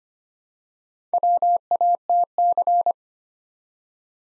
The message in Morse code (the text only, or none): WATC